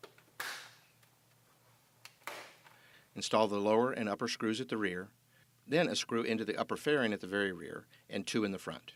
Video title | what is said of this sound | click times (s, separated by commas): Star Venture Supplemental Assembly Video | you'll hear the panel's snap into place | 0.4 s, 2.3 s